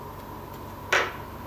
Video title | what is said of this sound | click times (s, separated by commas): How to change the back camera glass on a Xiaomi Mi 11 Ultra | it just clicks into place | 0.9 s